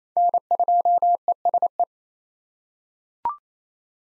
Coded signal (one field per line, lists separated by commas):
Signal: Morse code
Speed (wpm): 28 wpm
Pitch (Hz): 700 Hz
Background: none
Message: N2ESE